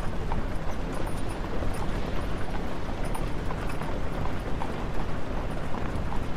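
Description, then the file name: Horse hooves clopping against a continuous deep rumble. Horse pulling a carriage. "horse and carriage"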